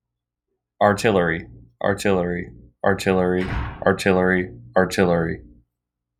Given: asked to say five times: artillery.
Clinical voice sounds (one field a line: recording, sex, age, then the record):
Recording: repeated word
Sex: male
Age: 18 to 19 years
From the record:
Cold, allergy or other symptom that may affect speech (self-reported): no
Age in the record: 19 years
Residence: Missouri, United States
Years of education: 13